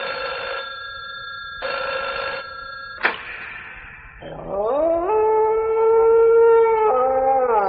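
A telephone rings at night in two steady, buzzy bursts, followed by a sharp click and then a long, rising, wavering tone resembling a howl that holds loudly to the end.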